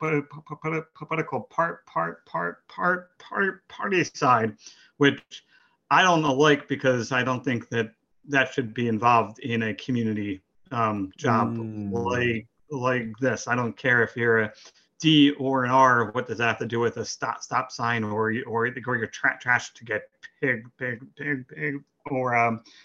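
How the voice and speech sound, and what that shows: Adult male speech with repeated syllables on 'party' and 'picked', prolongations and 'um' fillers: stuttering, in a township commissioner who is a person who stutters, heard speaking in an interview.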